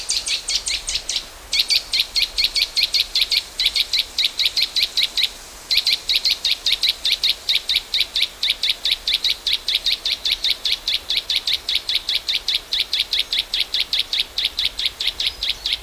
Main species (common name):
Eurasian Nuthatch